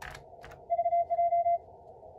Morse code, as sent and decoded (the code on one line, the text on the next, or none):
...- .---
VJ